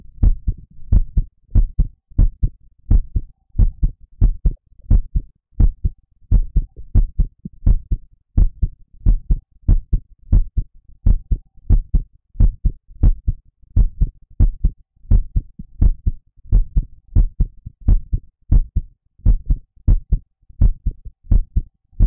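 Steady, regular lub-dub heartbeat with soft low thumps throughout: the normal heartbeat of an adult maid character in a roleplay, heard close up. She is a little shy, and it shows in her heartbeat.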